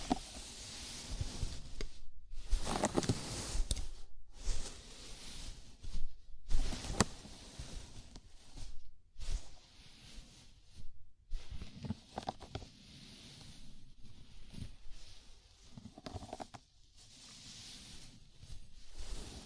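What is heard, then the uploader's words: A scalp massage of soft rubbing and scratching through hair, in bursts broken by short silences, with brief sharper crackles and low rumbles. ASMR Sleepy Scalp Massage (No Talking).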